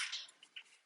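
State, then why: Not seated. The plastic outer cover of a Thule roof rack crossbar foot on a 2019-2022 Volvo V60 5-door wagon is handled and put into place. A brief scraping rustle is followed by two small taps around 0.4 and 0.6 seconds. Nothing has seated or clicked yet.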